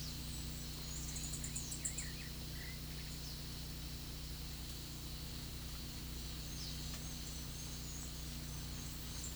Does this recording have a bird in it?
yes